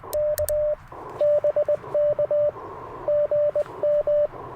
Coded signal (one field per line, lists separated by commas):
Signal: Morse code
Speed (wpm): 21 wpm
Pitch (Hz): 590 Hz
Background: radio noise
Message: K BK GM